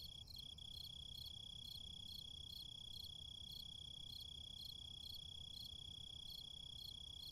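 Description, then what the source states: Crickets chirping in short, regular high-pitched pulses, with a steady continuous tone and low traffic-like rumble underneath. Crickets recorded in a city.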